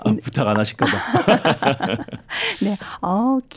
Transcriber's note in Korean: 웃음